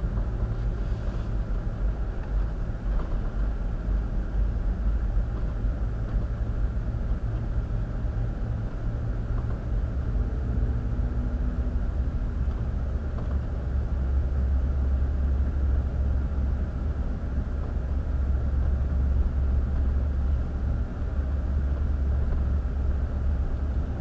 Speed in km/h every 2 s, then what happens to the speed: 16, 16, 18, 18, 19, 21, 23, 23, 23, 23, 23, 23.
0-24 steady at about 21.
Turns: none.